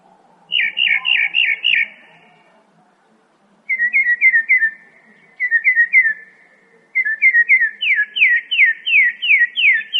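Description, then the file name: Northern mockingbird song, phrases of repeated whistled notes, ending in a rising series of sweeping slurred whistles. "kicauan-burung-northern-mockingbird -omkicau"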